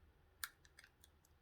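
A SIM card is pressed again in the push-push slot of a GSM box to release it. The latch clicks sharply at 0.4 s, followed by a few fainter small clicks, and the card is ejected from the slot.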